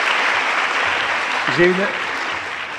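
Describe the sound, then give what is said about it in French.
Steady, dense applause from a crowd for a speaker who has just finished talking fills the whole stretch, a continuous crackling wash of clapping, with a short spoken voice rising briefly over it midway. “Oui, on va vous applaudir, revoir.”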